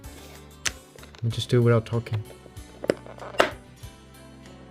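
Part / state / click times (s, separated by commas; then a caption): plastic toy train track piece into track connection point / seated / 3.4 s. A plastic toy train track piece, a ramp/adapter, is pushed into the connection point of another track piece, done without talking so the sound can be heard. After someone talks briefly, there are a few light handling taps, then a sharp click at 3.4 s as the piece snaps firmly into the connector. The piece is seated with a positive feel.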